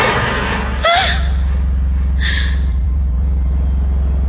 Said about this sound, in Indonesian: Aku teriak sedikit kaget.